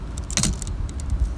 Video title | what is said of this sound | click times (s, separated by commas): How To Replace Ford Expedition Wiper Blades 2009-2017 | should lock into place for you so | 0.4 s